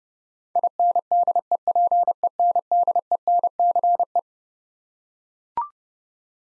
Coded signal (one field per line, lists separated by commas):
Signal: Morse code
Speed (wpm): 30 wpm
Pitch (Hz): 700 Hz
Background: none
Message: INDEPENDENCE